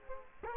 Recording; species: mosquito wingbeat signal from an infrared sensor; Culex quinquefasciatus